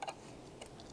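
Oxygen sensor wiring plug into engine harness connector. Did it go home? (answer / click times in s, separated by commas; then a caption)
no / none. The black oxygen sensor wiring plug on a BMW F22/F30 M235i N55 is being pushed into its mating engine harness connector near the valve cover, with a gray tab meant to lock it once it clicks in. Only a few faint plastic ticks are heard, near 0.0, 0.6 and 0.8 seconds, over a steady low background. Nothing has seated or clicked yet.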